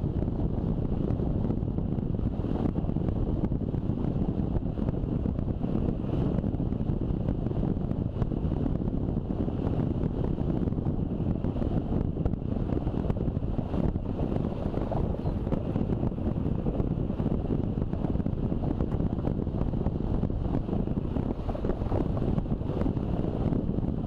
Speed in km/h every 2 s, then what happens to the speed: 28, 28, 29, 29, 29, 30, 31, 30, 32, 32, 32, 33.
0-24 steady at about 30.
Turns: none.